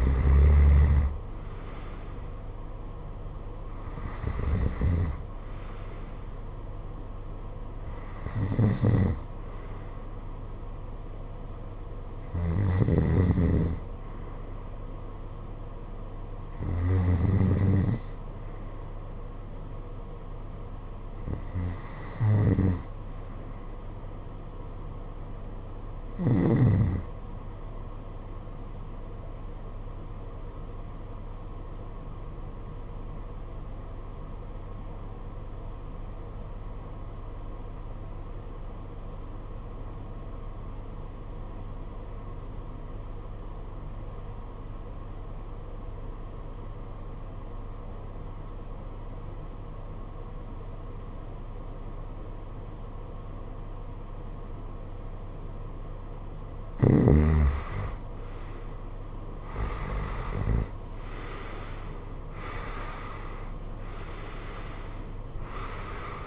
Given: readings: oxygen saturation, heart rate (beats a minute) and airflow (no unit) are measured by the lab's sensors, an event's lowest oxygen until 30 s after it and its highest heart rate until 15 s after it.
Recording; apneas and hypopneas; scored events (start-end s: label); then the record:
breathing in sleep by a smartphone at the bedside; 1
33.00-60.20 s: obstructive apnea (REM, oxygen 94% highest, then 80% lowest, heart rate 56 at the start, 75 highest)
From the record:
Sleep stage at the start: REM sleep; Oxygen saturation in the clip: 74 to 95%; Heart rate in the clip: 53 to 81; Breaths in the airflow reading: 9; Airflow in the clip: -16.3 to 15.6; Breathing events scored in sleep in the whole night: 476 in 9.7 hours asleep